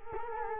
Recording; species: mosquito wingbeat signal from an infrared sensor; Culex quinquefasciatus